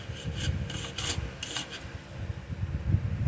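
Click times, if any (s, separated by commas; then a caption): none. On a second try, the plastic rope pulley of a trimmer recoil starter is turned so the end of the recoil spring will hook into the small groove on the pulley. Only rubbing and a few light knocks are heard, with short bursts around 0.7, 1.0 and 1.4 seconds. The spring end has not caught in the groove, and nothing has seated or clicked yet.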